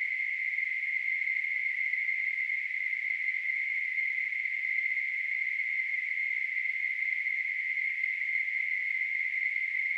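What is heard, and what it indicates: Tinnitus: a steady, unbroken hissing tone concentrated in a narrow band around 2 kHz, with no low-frequency content.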